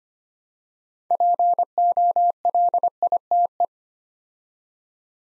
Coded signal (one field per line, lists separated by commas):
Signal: Morse code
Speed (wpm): 25 wpm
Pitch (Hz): 700 Hz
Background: none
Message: POLITE